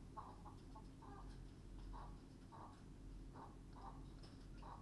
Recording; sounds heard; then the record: poultry house recording; healthy chickens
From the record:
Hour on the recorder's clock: 21